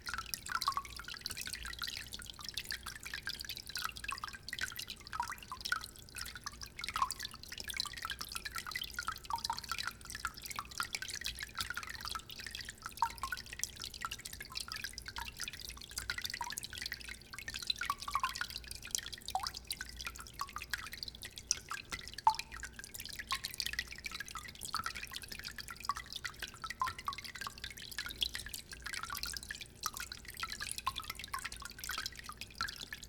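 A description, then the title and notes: A small fountain trickles steadily, with light splashes and quick drips scattered throughout. The water sound is bright and hissy, with fine crackling detail rather than a deep rush. A faint low hum sits underneath, and the level stays even across the clip. The sound of a small fountain. A nice little trickle of water with light splashes.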